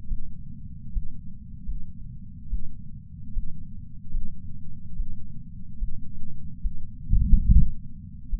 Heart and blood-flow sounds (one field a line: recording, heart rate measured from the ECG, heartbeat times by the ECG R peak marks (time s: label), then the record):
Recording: heart sounds by patch sensor on the chest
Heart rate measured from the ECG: 73 bpm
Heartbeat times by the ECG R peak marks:
0.08 s: heartbeat
0.92 s: heartbeat
1.65 s: heartbeat
2.49 s: heartbeat
3.33 s: heartbeat
4.11 s: heartbeat
4.96 s: heartbeat
5.78 s: heartbeat
6.61 s: heartbeat
7.48 s: heartbeat
8.29 s: heartbeat
From the record:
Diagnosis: coronary artery disease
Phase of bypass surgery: preoperative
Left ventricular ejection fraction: 64%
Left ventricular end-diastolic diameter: 54 mm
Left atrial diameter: 40 mm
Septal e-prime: 6.2 cm/s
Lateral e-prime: 8 cm/s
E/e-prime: 10.7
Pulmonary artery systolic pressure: 24 mmHg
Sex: male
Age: 75 years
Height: 178 cm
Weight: 85 kg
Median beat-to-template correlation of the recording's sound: 0.83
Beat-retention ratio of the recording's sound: 0.94